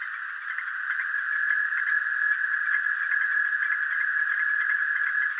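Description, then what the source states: Dark green toad trill: a steady, pulsed, buzzy trill held at one pitch for the whole stretch, loud and even. Recorded on 6 August 2014.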